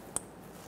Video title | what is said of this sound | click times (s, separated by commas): How to Replace Upstream O2 Sensors 2014-2018 Chevrolet Silverado 1500 (5.3L V8) | install the connector push until you hear a click | 0.2 s